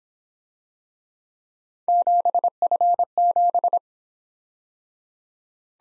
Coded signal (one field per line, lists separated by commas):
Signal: Morse code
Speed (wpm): 27 wpm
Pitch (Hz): 700 Hz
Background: none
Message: 7F7